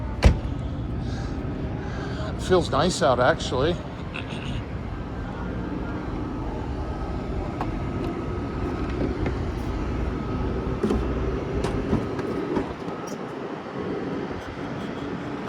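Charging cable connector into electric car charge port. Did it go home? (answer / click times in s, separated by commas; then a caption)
no / none. A DC fast-charger cable connector is handled near the charging inlet of a Mercedes EQS electric car, with someone talking briefly and steady vehicle and traffic noise in the background. A few brief handling knocks are heard, but the plug has not yet been pushed home, and nothing has seated or clicked yet.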